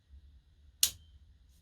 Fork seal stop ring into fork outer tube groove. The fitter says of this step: get punched in it with hammers just gently give it a push and listen for the click there